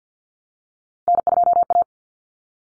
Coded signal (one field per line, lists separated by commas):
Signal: Morse code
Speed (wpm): 50 wpm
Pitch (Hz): 700 Hz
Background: none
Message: N2A